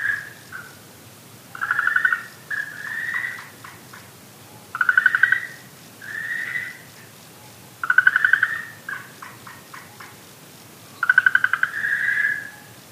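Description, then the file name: Okinawa green tree frog calls: smooth sustained croaks paired with quick ticking pulse series, the pattern returning roughly every three seconds. "okinawaaogaeru"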